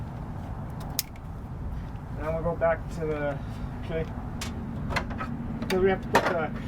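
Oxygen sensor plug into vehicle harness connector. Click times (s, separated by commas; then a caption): 1.0 s. The plastic wiring plug of an upstream oxygen sensor on a 2000–2004 Subaru Outback is pushed by hand into its mating vehicle harness connector, giving a sharp click at 1.0 s as it seats. Someone talks over a low steady hum afterward.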